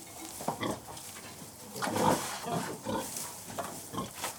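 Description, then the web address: Pig grunts, several short bursts in irregular sequence with a louder cluster midway, over steady background noise. Pigs in farrowing pens. "The BBC Sound Effects Library. Pigs Farrowing Pens"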